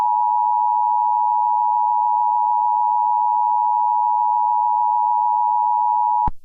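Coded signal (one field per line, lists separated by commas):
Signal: Emergency Alert System (SAME) tones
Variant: 853 and 960 Hz attention tone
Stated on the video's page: Fictional EAS scenario, a simulated alert with loud noises.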